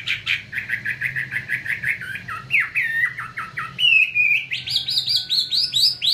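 Chinese hwamei song: quick repeated chattering notes giving way to higher, sweeping whistled phrases that rise toward the end; continuous and loud over a low hum.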